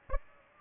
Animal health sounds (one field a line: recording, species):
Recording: mosquito wingbeat signal from an infrared sensor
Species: Aedes aegypti